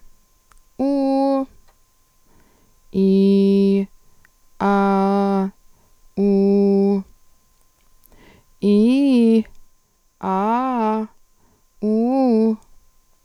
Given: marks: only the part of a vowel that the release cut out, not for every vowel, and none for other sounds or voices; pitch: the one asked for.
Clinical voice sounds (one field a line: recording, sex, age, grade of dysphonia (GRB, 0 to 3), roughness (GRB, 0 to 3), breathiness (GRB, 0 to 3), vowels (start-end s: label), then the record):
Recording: sustained vowels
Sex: female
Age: 20 to 29 years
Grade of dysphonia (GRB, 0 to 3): 0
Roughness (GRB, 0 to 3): 0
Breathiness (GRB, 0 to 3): 0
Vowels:
0.83-1.40 s: vowel /u/, high pitch
3.00-3.79 s: vowel /i/, low pitch
4.66-5.43 s: vowel /a/, low pitch
6.21-6.96 s: vowel /u/, low pitch
8.66-9.37 s: vowel /i/, low-high-low pitch
10.28-11.00 s: vowel /a/, low-high-low pitch
11.86-12.49 s: vowel /u/, low-high-low pitch
From the record:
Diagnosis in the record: dysarthrophonia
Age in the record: 29 years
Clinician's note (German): Z.B. Dysarthrophonie